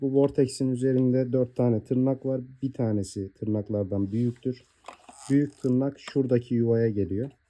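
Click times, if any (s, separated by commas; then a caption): none. Someone talks while handling the plastic vortex separator of a Fakir Stone 4048 / Inovatör 4048 vacuum cleaner, which is being refitted into the cleaner body after cleaning. The separator has four tabs, one larger than the others, and the larger tab is lined up with its slot. Only faint handling sounds are heard, and nothing has seated or clicked yet.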